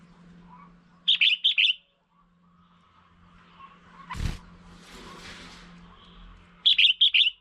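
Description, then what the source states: Red-whiskered bulbul calls: two bursts of quick, warbled chirping notes near the start and end, with a low hum and a brief loud knock between. Female bird.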